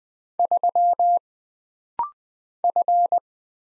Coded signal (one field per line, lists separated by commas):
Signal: Morse code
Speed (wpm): 20 wpm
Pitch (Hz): 700 Hz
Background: none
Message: 3 F